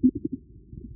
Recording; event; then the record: neck accelerometer signal played as sound; no cough (speech, laughter, throat clearing or background)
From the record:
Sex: female